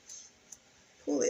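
A plastic lancing device, already loaded with a lancet and with its cap replaced, is handled as its plunger is about to be pulled back to cock the spring. Quiet handling noise with a brief faint tick is heard, then someone talks near the end. Nothing has latched or clicked into the cocked position yet.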